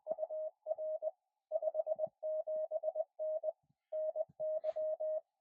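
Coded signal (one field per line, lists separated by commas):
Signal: Morse code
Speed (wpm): 20 wpm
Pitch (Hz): 630 Hz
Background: none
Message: UR 57N NY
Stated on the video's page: Morse code from a QRP portable Parks On The Air activation at a two-park site, Yadkin River State Game Land and State Trail.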